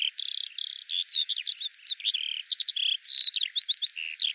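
Bird singing a rapid medley of high notes: flat whistled tones, quick downslurred chips and short trills, tumbling one after another with brief gaps.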